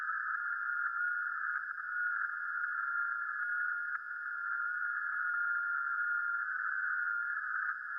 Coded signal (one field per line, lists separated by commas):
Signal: FT8